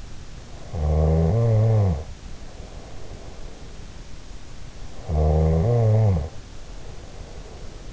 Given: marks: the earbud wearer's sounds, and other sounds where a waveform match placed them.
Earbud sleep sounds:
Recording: sounds in sleep by an in-ear microphone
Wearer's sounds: snoring breath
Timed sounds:
0.78-3.85 s: snoring breath
4.95-7.92 s: snoring breath

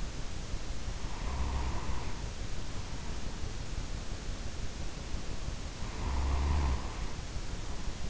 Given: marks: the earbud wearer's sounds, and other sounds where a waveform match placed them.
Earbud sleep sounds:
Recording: sounds in sleep by an in-ear microphone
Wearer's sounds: snoring breath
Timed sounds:
0.86-3.51 s: snoring breath
5.63-8.10 s: snoring breath

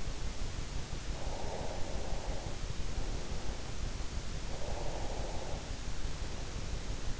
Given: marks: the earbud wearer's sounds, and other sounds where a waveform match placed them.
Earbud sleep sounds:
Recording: sounds in sleep by an in-ear microphone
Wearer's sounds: breath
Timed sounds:
0.84-2.91 s: breath
4.30-5.79 s: breath

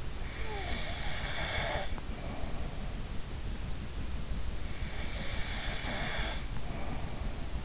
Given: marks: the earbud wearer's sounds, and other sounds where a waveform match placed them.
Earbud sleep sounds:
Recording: sounds in sleep by an in-ear microphone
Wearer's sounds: snoring breath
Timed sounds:
0.28-2.95 s: snoring breath
4.83-7.65 s: snoring breath

